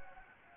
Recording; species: mosquito wingbeat signal from an infrared sensor; Anopheles gambiae